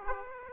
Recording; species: mosquito wingbeat signal from an infrared sensor; Aedes aegypti